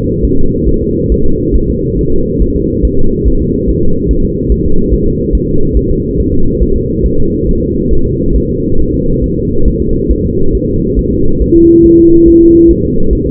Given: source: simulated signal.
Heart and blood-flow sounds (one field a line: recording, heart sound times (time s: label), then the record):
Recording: fetal heart sounds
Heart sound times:
0.25 s: S1
0.39 s: S2
0.69 s: S1
0.83 s: S2
1.12 s: S1
1.26 s: S2
1.55 s: S1
1.69 s: S2
1.99 s: S1
2.13 s: S2
2.42 s: S1
2.56 s: S2
2.85 s: S1
2.99 s: S2
3.28 s: S1
3.42 s: S2
3.69 s: S1
3.83 s: S2
4.11 s: S1
4.25 s: S2
4.52 s: S1
4.66 s: S2
4.94 s: S1
5.08 s: S2
5.35 s: S1
5.49 s: S2
5.77 s: S1
5.91 s: S2
6.20 s: S1
6.34 s: S2
6.62 s: S1
6.76 s: S2
7.06 s: S1
7.20 s: S2
7.49 s: S1
7.63 s: S2
7.93 s: S1
8.07 s: S2
8.36 s: S1
8.50 s: S2
8.80 s: S1
8.94 s: S2
9.24 s: S1
9.38 s: S2
9.68 s: S1
9.82 s: S2
10.12 s: S1
10.26 s: S2
10.55 s: S1
10.69 s: S2
10.99 s: S1
11.13 s: S2
11.42 s: S1
11.56 s: S2
11.85 s: S1
11.99 s: S2
12.28 s: S1
12.42 s: S2
12.71 s: S1
12.85 s: S2
13.13 s: S1
13.27 s: S2
From the record:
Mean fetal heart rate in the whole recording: 140 bpm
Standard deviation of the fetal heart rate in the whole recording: 2 bpm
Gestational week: 34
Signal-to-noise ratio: -19.1 dB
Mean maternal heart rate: 72 bpm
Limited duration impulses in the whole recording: present